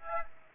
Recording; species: mosquito wingbeat signal from an infrared sensor; Aedes aegypti